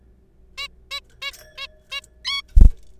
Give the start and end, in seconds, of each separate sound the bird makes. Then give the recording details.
0.58-0.68, 0.91-1.00, 1.22-1.31, 1.58-1.67, 1.92-2.01, 2.25-2.42. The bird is a juvenile. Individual R3428